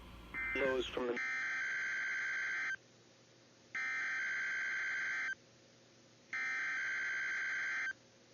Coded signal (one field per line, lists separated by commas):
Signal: Emergency Alert System (SAME) tones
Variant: header bursts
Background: speech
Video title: [EAS #15-16] Required Weekly Test on KHB49 and KEC49